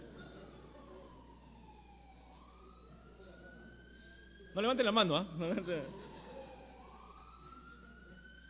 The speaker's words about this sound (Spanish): Mira, ya viene hasta la ambulancia, viene. Pero... para echarle agua a las mujeres.